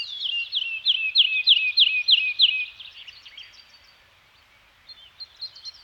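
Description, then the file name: Bird song: a fast series of sharp descending chirps, then quiet, followed by faint twitters. Scandinavian forest soundscape with birds singing. "Nature Soundscape - Scandinavian Forest Environment with Birds Singing"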